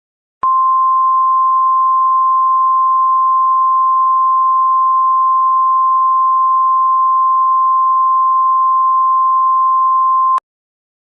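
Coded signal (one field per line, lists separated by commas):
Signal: Emergency Alert System (SAME) tones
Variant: 1050 Hz attention tone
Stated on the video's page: Self-made recreation of an EAS test attributed to the Storm Prediction Center.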